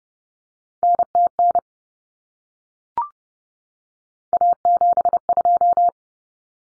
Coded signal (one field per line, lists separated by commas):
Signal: Morse code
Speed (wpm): 30 wpm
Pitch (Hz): 700 Hz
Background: none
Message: NTN A72